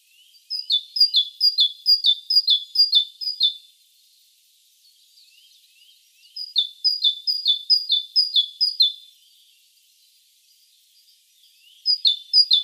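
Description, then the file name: Great tit song: two bouts of bright two-note phrases repeated quickly, separated by pauses of a few seconds, and a third bout starting at the end. "Parus major"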